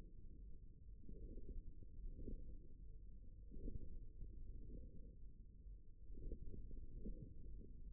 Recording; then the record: forearm muscle sounds (acoustic myography)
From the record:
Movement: forearm supination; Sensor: system 1, eight BSWA MPA416 microphones around the upper forearm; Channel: 4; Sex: male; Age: 54 years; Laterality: right